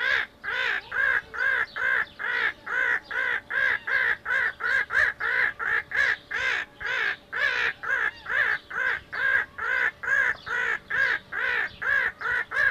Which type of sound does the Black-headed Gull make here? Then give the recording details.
call. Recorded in captivity. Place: Zoo Rotterdam, DE. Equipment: Halbspur, 9,5 cm/s. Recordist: Lütgens, Hans